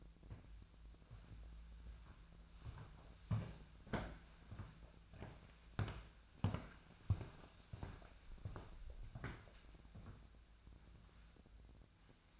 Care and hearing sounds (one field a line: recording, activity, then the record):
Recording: daily activity, microphone in the room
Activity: walk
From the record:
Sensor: 2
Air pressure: 1008.2 hPa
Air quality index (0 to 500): 179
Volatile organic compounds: 10 ppm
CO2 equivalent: 2202 ppm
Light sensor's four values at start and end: 15/35/15/16 and 15/36/15/16